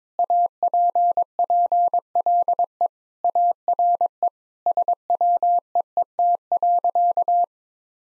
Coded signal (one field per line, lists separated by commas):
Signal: Morse code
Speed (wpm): 22 wpm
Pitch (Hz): 700 Hz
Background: none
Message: APPLE ARE SWEET.